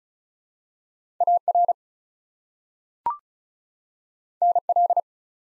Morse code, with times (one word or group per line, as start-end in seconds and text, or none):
1.2-1.7 AR
4.4-5.0 NL